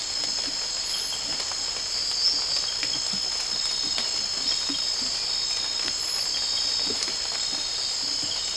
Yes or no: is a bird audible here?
no